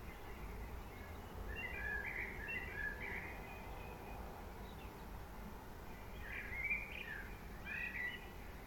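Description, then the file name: Common blackbird with two bursts of mellow warbling notes separated by a pause, low background hum throughout. "Turdus merula"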